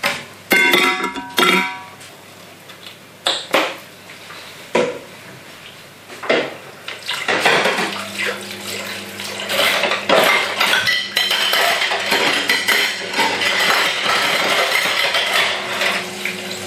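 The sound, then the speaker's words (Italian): Dishes being washed by hand with gloves on in a sink: plates and cutlery clink and clatter in sharp, irregular bursts, then a steady rush of running water takes over beneath continued rattling. No one speaks. “Vediamo quante ore ci impiegherò a lavare questi piatti.”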